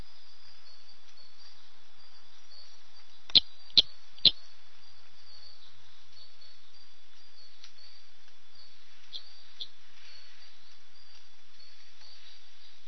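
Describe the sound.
Ischnocnema bolbodactyla frog call: a quick burst of three sharp clicks within a second, followed by long quiet stretches with faint hiss and a few very soft ticks.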